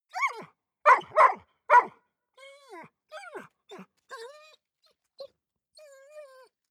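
Dog barking and whining: four harmonic barks in the first two seconds, then softer falling whines and yelps, with a final drawn-out whimper.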